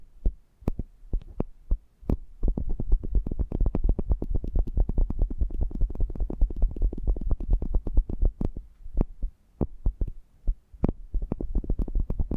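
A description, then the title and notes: Muffled eardrum massage: quick soft taps and rubbing thuds, sparse at first, densely rapid from about two to nine seconds, then thinning again. ASMR Intimate Eardrum Massage for Sleep (No Talking).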